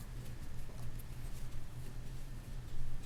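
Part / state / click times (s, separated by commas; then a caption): screw into motorcycle carburetor float bowl / stripped / none. A screw is tightened into the float bowl of a 1971 Honda CT90 motorcycle carburetor, and its threads strip so the screw no longer grabs. The clip holds low, steady hum with faint scraping and light patter, and no sudden sounds. Nothing clicks or seats.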